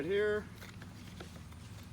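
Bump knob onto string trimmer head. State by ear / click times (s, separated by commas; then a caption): not seated / none. A replacement plastic bump knob is handled and pressed onto a Ryobi string trimmer head while someone talks briefly at the start. Two faint, sharp ticks follow at about 0.8 and 1.2 seconds over low background noise. Nothing has seated or clicked home yet.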